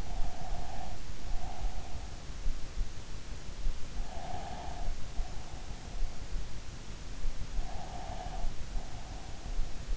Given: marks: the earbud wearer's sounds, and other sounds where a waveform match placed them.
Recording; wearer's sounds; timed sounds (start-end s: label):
sounds in sleep by an in-ear microphone; breath
0.00-2.19 s: breath
4.41-6.35 s: breath
7.55-9.49 s: breath